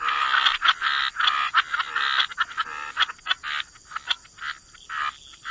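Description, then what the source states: Frogs giving bursts of harsh croaks, a thick overlapping patch at the start giving way to separate quick calls. Frog chorus.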